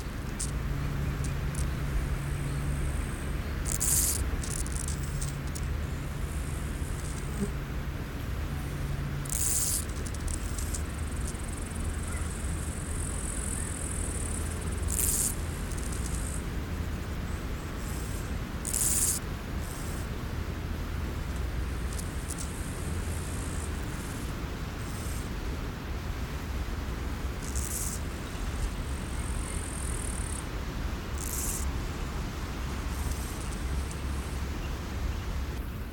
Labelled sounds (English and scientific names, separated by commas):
Steppe Grasshopper (Chorthippus dorsatus) stridulation